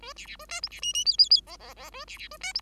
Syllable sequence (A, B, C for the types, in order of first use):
A B B A C D B E E F F F G G G A B B A C D